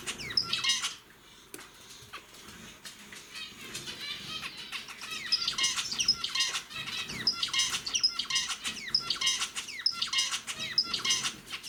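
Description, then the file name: Zebra finch song, busy bursts of short nasal, buzzy chirps and stacked notes repeated quickly, with brief pauses between phrases. "pesnya zebrovoi amadiny"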